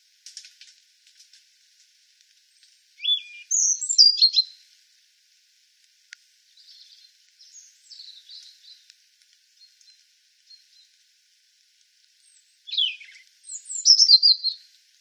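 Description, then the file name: European robin singing high, tinkling phrases separated by pauses, a loud burst early, a softer scratchy one midway, then another bright sliding phrase near the end. "Erithacus rubecula"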